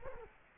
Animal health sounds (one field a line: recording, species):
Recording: mosquito wingbeat signal from an infrared sensor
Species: Culex quinquefasciatus